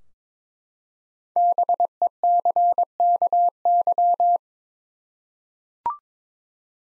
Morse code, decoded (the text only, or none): BECKY